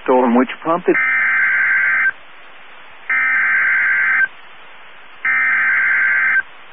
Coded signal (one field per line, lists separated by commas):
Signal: Emergency Alert System (SAME) tones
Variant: header bursts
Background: speech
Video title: EAS 1695-1699 (4/22/22)